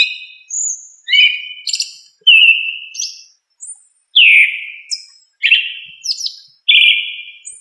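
Thrush song of fluty whistles and short trilled notes, phrases coming about once a second with brief pauses.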